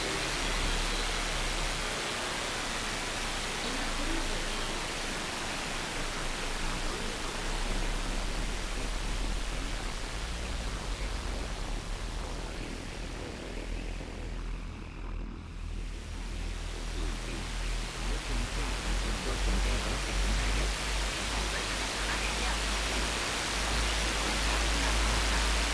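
Radio static hisses steadily and densely throughout, with a brief thinning around fifteen seconds before the full rushing noise returns.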